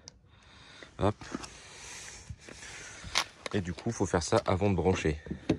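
Someone talks while handling a charging plug near a battery charger or device socket after setting a selector, with a few short knocks and a sharp tap at about 3.2 s. The plug has not been pushed in yet, and nothing has seated or clicked.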